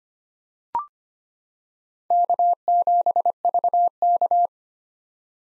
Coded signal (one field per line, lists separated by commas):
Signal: Morse code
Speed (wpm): 25 wpm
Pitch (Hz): 700 Hz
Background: none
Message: K7VK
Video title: 2023 SOTA Chaser Call Signs - 25wpm